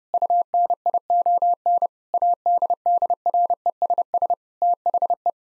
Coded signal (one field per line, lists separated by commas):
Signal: Morse code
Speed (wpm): 32 wpm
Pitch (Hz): 700 Hz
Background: none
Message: UNION ADDRESS THE